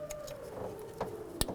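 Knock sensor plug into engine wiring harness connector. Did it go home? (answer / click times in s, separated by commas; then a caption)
yes / 1.4 s. A new knock sensor's electrical plug is pushed into the engine wiring harness connector on a 1997-2003 Ford F-150. Faint ticks are heard at 0.1 s and 1.0 s, then a sharp, loud latch click at 1.4 s as the connector clicks in and is seated.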